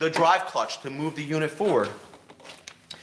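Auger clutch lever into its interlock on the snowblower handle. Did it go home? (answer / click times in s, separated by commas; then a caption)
yes / 2.7 s, 2.9 s. Someone talks while the auger clutch lever on a Honda HSS928AT snowblower is pressed down into its metal and plastic interlock on the handle, with the drive clutch engaged. Two sharp clicks are heard at 2.7 s and 2.9 s as the lever locks into place.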